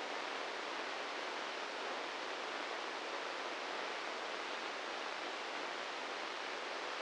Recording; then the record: brain microelectrode recording played as sound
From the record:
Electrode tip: inside the subthalamic nucleus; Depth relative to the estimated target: 2 mm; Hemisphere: left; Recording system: NeuroSet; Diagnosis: Parkinson's disease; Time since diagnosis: 15 years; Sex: male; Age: 65 years